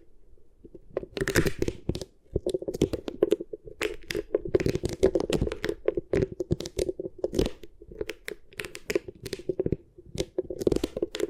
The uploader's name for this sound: Beeswax Ear Triggers